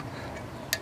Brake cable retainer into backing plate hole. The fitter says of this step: uh tab things kind of spring out you can see one sprung out like that so uh